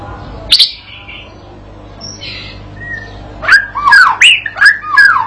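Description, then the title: White-rumped shama song: a sharp high note, a quiet pause with faint tones, then a loud burst of varied whistled and chattering phrases in the last two seconds. Training recording (masteran pancingan) for a young shama, meant to make it sing persistently and answer straight away. "MURAI BATU PAUD BELAJAR GACOR, AJARI DENGAN MASTERAN PANCINGAN INI, PANCING LANGSUNG NYAUT"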